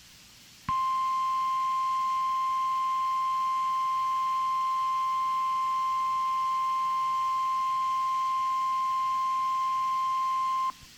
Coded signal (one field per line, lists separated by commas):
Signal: Emergency Alert System (SAME) tones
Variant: 1050 Hz attention tone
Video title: EAS #1313 - High Wind Warning 11-11-2015